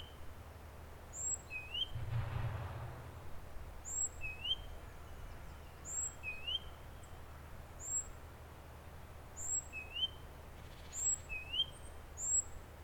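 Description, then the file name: Great tit repeating a two-note phrase, a thin high note followed by a lower upslurred whistle, over a steady low rumble. "Parus major"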